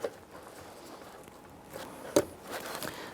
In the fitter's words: push that on and you'll hear that lock into place